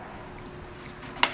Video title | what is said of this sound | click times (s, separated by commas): HID Low Beam Only to Hi/Lo Conversion (DDM Tuning) | going to tighten it clockwise until it snaps so now it's securely in there alright | 1.2 s